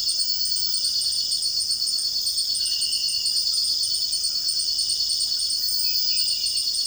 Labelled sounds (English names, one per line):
none